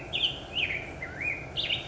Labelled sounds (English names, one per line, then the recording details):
Black-headed Grosbeak
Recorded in Sonoma County, California